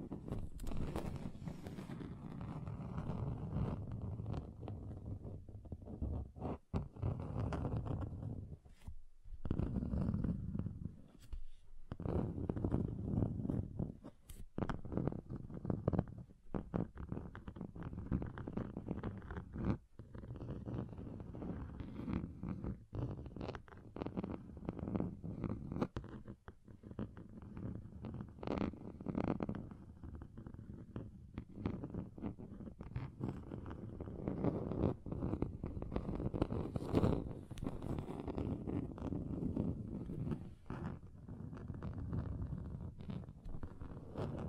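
Scratching on a table, a dense, coarse rubbing that runs almost without pause and stays mostly low and muffled. Short breaks interrupt it around 9, 11 and 20 seconds, and small sharp ticks and knocks pop through the scraping now and then.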